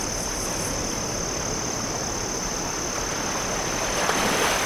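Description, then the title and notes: Crickets keep up an unbroken shrill trill while waves roar steadily beneath, the surf swelling slightly near the end. Crickets chirping in dunes near the oceanside, with waves crashing onshore. "Oceanside Ambience. Ocean Waves, Crickets, Seagull Sounds. crickets chirp in nearby dunes"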